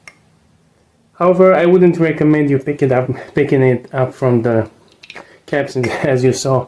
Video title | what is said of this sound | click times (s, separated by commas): 9 PM from Afnan Review(2020 release)!!!! | it clicks into place. | 0.1 s